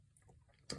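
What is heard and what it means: The fire selector on a G&P CAR 15 airsoft gas blowback rifle's lower receiver is turned so its spring-loaded detent drops into a notch. After quiet low rumble and a faint tick near 0.2 s, a sharp, bright click sounds at 0.7 s as the selector clicks into place and is seated in the detent.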